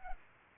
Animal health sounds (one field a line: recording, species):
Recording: mosquito wingbeat signal from an infrared sensor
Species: Culex pipiens